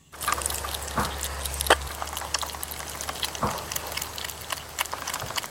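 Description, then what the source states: European hedgehog smacking while eating: soft, irregular clicks and wet ticks scattered throughout, with a low steady hum during the first two seconds. A hedgehog eating; the sound is described as smacking.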